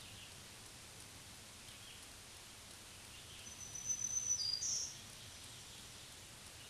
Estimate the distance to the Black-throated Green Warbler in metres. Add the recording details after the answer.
about 20 m. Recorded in a Pennsylvania forest on 1 June 2023 at 07:03. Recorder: AudioMoth, point grid3_8_high. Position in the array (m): 118 m, 113 m